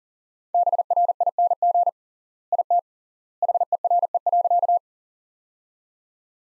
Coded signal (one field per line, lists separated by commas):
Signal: Morse code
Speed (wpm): 37 wpm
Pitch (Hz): 700 Hz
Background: none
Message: BRING IT HERE.